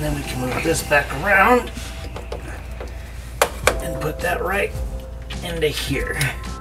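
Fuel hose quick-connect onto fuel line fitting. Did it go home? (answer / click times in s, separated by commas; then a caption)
no / none. Someone talks while moving a fuel hose quick-connect back around toward the fuel line fitting at the front of the fuel tank during an E85 flex fuel kit install on a 2014–2019 Silverado/Sierra 1500 with a 5.3L or 6.2L. Brief sharp handling knocks are heard at about 3.4 and 3.7 seconds. The quick-connect has not seated or clicked home yet.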